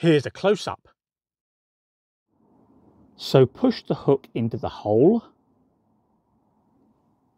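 On a Vauxhall Corsa D (Opel Corsa D), the wiper arm hook is pushed into the hole in the windscreen wiper blade and lined up, before the blade is rotated and clicked home. Someone talks from about 0 to 0.9 seconds and again from 3.3 to 5.3 seconds, with only a faint low rustle between. Nothing has seated or clicked yet.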